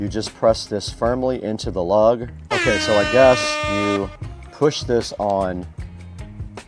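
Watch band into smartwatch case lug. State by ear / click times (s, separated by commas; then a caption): seated / 6.6 s. Someone talks while pressing a smartwatch band firmly into the lug of the watch case, with music and a loud, sustained horn-like tone in the middle. At 6.6 s a sharp snap is heard as the band clicks into place and seats in the lug.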